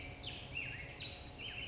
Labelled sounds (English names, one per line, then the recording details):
Western Flycatcher
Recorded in Sonoma County, California